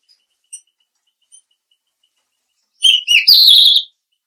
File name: suara burung tledekan laut